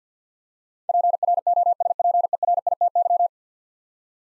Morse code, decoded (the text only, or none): PROSPERITY